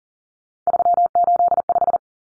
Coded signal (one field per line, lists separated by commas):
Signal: Morse code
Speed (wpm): 40 wpm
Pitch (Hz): 700 Hz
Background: none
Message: 385